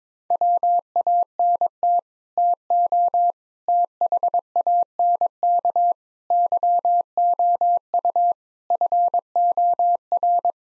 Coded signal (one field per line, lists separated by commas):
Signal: Morse code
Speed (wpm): 22 wpm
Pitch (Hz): 700 Hz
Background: none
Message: WANT TO THANK YOU FOR